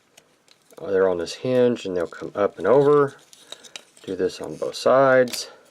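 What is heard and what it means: Hinged plastic limb parts of a transforming plastic Blastoff action figure are handled and swung up and over on both sides toward their locking points on the figure's body. Someone talks throughout, with two faint, brief ticks near the start at 0.2 and 0.5 s. Nothing has seated or clicked into place yet.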